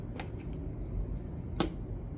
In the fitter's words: But you can hear the snap.